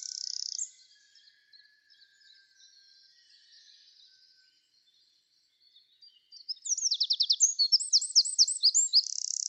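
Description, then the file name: Eurasian wren song: a short buzzy phrase, a lull with faint twitters, then a loud run of fast, high trilled notes and rattles. "Troglodytes troglodytes"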